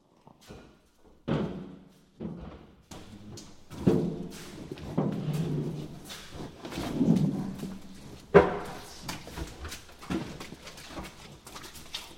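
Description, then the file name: Rhinoceros snorting and grunting: low, breathy bursts and rumbling exhalations, some sharp and sudden, others drawn out. "zvuki nosoroga"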